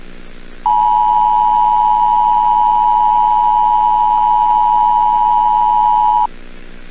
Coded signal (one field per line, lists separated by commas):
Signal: Emergency Alert System (SAME) tones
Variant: 853 and 960 Hz attention tone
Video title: Eas Scenario Movie EXTENDED CUT - "The Silent Invasion"